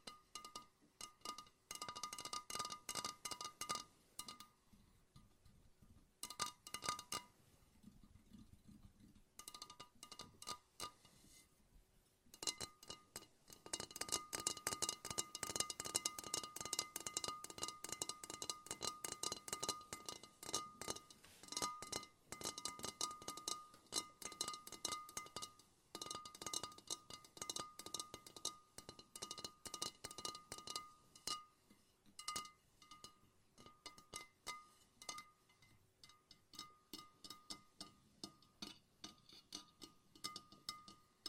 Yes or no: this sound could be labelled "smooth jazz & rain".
no